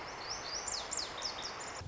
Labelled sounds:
Lazuli Bunting (Passerina amoena)
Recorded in Sonoma County, California

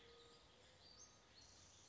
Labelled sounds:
Western Flycatcher (Empidonax difficilis)
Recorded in Sonoma County, California

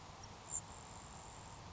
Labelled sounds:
Grasshopper Sparrow (Ammodramus savannarum)
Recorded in Sonoma County, California

